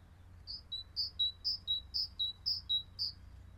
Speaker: Teacher, teacher, teacher. One of the most common great tit calls.